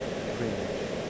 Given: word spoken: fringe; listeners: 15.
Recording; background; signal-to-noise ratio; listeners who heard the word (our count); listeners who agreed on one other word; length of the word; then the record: one English word in noise, from a listening test; speech-shaped noise; -5.6 dB; 1 of 15; 7 of 15; 0.70 s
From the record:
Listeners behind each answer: 7, 1, 1, 1, 1, 1, 1, 1, 1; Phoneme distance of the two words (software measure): 10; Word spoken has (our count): 1 syllable, 5 phonemes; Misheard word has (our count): 1 syllable, 5 phonemes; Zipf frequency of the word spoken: 3.71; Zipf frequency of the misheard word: 2.90